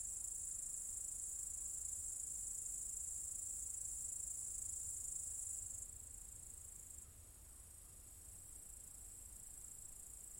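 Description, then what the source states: High, hissing cicada chorus, loud and even at first, then fading down to a softer steady drone for the remainder. Several cicadas in an apple tree orchard at Zalensų Sodybos, Lithuania, on 23 August 2015.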